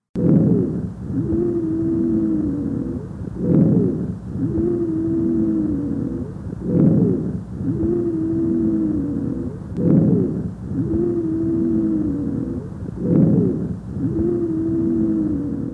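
Adult chest by stethoscope, breathing about 18 times a minute, with a prolonged expiratory phase, inspiration to expiration ratio about 1:3 instead of the normal 1:2, and a wheezing, whistling added sound during expiration: expiratory wheeze.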